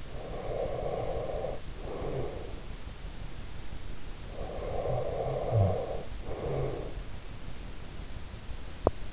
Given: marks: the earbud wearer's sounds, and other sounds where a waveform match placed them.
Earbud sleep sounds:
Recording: sounds in sleep by an in-ear microphone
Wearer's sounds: breath, snoring breath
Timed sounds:
0.00-2.74 s: breath
4.22-6.97 s: snoring breath

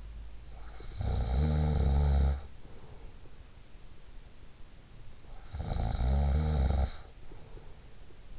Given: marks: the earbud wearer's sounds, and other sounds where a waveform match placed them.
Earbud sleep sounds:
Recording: sounds in sleep by an in-ear microphone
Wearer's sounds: snoring breath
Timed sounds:
0.45-3.46 s: snoring breath
5.38-8.39 s: snoring breath

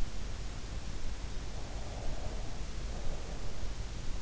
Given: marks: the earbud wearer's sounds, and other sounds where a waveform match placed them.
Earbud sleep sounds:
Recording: sounds in sleep by an in-ear microphone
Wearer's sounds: breath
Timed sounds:
1.47-3.83 s: breath

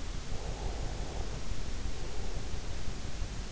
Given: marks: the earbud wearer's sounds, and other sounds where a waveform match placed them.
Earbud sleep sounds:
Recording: sounds in sleep by an in-ear microphone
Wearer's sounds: breath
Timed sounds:
0.31-3.20 s: breath

